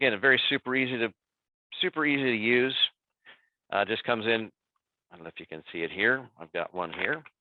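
Someone talks while handling an aromatic bird-repellent liquid cartridge, which is to be twisted and clicked into its dispenser to activate it, breaking the seal that holds the liquid. Only speech is heard; nothing has seated or clicked yet.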